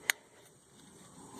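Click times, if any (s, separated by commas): 0.1 s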